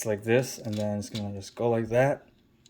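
Someone talks while handling the plastic shoulder armor panel of a Transformers Legacy Laser Optimus Prime G2 transforming action figure, showing again how it folds down onto the figure's shoulder to lock into place. The clip ends before the panel goes home, so nothing has seated or clicked yet.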